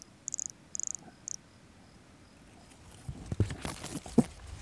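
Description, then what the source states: Brachycephalus sulfuratus calling: three short, very high buzzy pulsed notes at the start, followed by rustling and thumping noises. Recorded near Jurupara dam on 29 September 2016; calling individual vouchered as specimen MHNCI 10791 or 10792.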